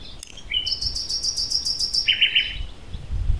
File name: Common Nightingale (Luscinia megarhynchos) - Parc Natural de s'Albufera, Spain 2022-04-21